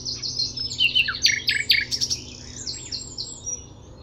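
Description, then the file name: Common nightingale delivering rich, loud varied notes and short rattling phrases that soften toward the end, over a low background hum. "Luscinia megarhynchos"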